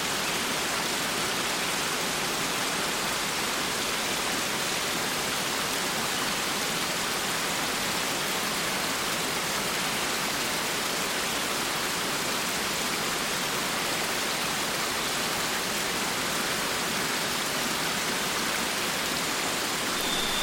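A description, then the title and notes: A waterfall roars, a dense, unbroken rush of falling water that stays perfectly steady for the whole twenty seconds. The sound is full and hissing, weighted toward the bright end with little deep rumble, and no other sounds break through. Under the Waterfall.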